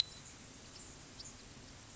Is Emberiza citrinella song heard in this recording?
no